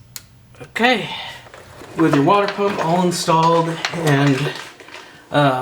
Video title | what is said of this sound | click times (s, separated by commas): How To Replace the Water Pump and Thermostat In Your E9x BMW 328i/xi (xDrive and N51/N52 motor) | this snaps into place | 0.2 s